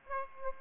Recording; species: mosquito wingbeat signal from an infrared sensor; Aedes aegypti